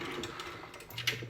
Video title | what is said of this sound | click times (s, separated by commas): The Most Pretentiously Delicious Oatmeal Cookies of all Time (Recipe) | That didn't quite get snapped into place correctly, so there we go. | none